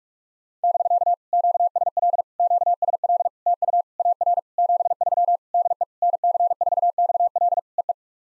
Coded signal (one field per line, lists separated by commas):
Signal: Morse code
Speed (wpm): 44 wpm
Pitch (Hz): 700 Hz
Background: none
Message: <BK> QSL QSL TU AR 73 DE NC4XL EE